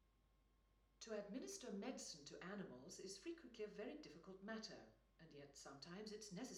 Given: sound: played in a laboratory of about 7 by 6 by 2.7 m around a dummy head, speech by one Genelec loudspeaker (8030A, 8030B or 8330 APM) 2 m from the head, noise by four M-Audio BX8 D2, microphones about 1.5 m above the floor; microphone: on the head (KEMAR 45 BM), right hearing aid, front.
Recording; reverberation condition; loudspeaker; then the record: female speech in English; medium; 60 degrees to the right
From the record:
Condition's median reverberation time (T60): about 510 ms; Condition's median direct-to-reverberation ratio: about -0.5 dB